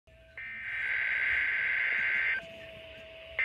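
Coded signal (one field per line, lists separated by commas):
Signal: Emergency Alert System (SAME) tones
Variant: header bursts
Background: speech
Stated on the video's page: Required Weekly Test from NOAA Weather Radio transmitter.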